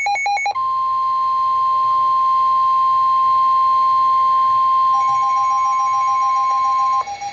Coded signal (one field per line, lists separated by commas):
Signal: Emergency Alert System (SAME) tones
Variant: 1050 Hz attention tone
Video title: Special Marine Warning (EAS #457)